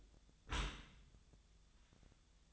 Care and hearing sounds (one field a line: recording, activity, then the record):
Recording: daily activity, microphone in the room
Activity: close dishwasher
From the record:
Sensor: 3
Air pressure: 1004.6 hPa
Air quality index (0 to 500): 101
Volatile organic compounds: 4 ppm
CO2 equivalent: 1580 ppm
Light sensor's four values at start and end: 7/17/7/7 and 7/17/7/7